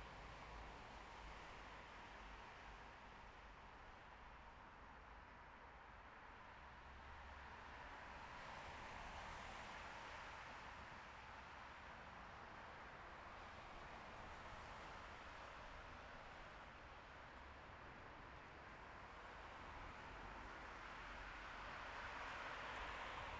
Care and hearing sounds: everyday scene through a hearing-aid microphone; in traffic; traffic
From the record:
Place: bus stop on a city main road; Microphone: behind the ear, left, rear

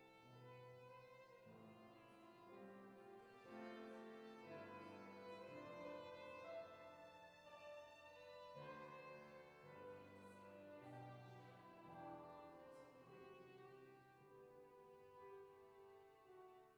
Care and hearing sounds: everyday scene through a hearing-aid microphone; reverberant space; music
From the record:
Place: church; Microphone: behind the ear, left, rear

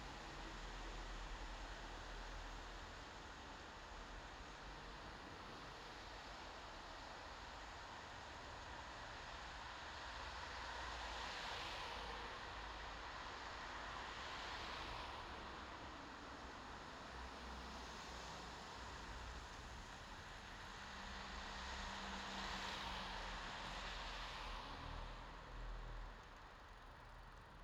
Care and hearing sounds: everyday scene through a hearing-aid microphone; in traffic; traffic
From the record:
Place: bus stop on a city main road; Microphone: in the ear canal, left

